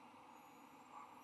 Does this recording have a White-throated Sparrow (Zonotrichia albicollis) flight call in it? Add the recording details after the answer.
no. No flight call is heard. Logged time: 11:11 on 22 November 2014